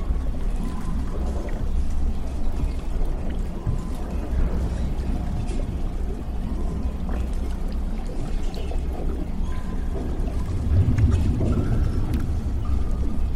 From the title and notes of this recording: Warning!! you are in the damaged underwater lab. Sci-fi ambience.